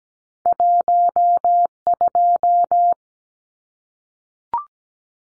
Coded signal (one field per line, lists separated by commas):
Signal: Morse code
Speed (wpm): 17 wpm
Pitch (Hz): 700 Hz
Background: none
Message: 12